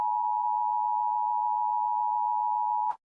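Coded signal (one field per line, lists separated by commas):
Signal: Emergency Alert System (SAME) tones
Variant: 853 and 960 Hz attention tone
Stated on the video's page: Fictional EAS scenario about freezing.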